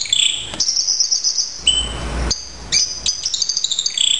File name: branjangan raja kayangan masteran